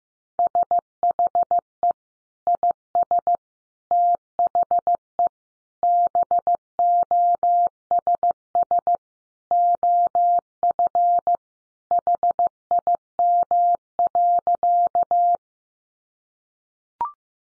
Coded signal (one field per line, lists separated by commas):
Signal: Morse code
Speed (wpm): 15 wpm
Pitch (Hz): 700 Hz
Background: none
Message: SHE IS THE BOSS OF HIM.